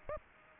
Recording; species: mosquito wingbeat signal from an infrared sensor; Aedes aegypti